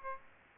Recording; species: mosquito wingbeat signal from an infrared sensor; Aedes aegypti